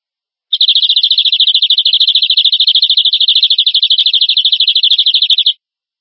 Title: Kenari 1